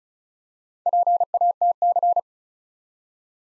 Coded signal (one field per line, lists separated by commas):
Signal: Morse code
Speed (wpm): 36 wpm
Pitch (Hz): 700 Hz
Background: none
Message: PATC